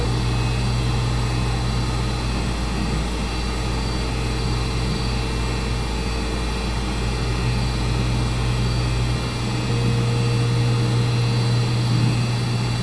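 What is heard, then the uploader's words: Computers hum steadily in a studio, a constant low drone with a few fixed tones sitting over an even hiss. The sound barely changes across the clip; a slight shift in the low rumble comes near the nine-second mark, then the hum carries on unchanged. Recording of encoding computers humming in WFMU's Studio C by Dan Bodah.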